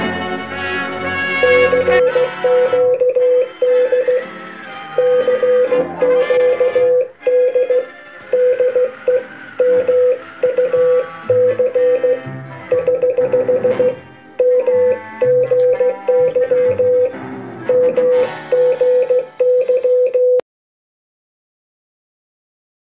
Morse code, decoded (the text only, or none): CQD CQD DE MUC <HH> MGY MGY